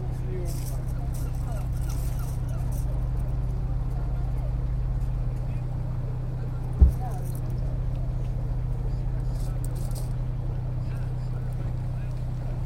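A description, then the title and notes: Passengers wait by the River Deben for the ferry, their voices a faint, scattered murmur over a steady low engine hum that runs the whole time. A single sharp knock lands near the seventh second, and light clatters flicker in the upper range. Bawdsey Ferry. On the way back we made a short detour to Bawdsey and waited for the ferry to return across the River Deben. There was a queue of excited passengers waiting to be picked up and some children playing the shingle beach.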